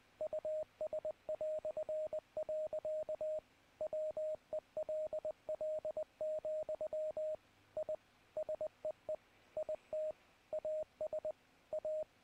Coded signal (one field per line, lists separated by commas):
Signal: Morse code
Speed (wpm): 19 wpm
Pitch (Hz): 620 Hz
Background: radio noise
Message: US". WELL, I SEE IT AS A